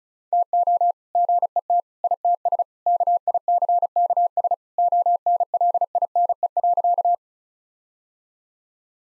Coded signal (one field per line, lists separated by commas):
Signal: Morse code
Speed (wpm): 34 wpm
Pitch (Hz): 700 Hz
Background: none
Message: TO GET ITS KICKS ONLINE.